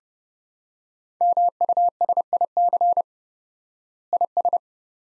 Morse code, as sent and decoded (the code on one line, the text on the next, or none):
-- ..- ... .. -.-. / .. ...
MUSIC IS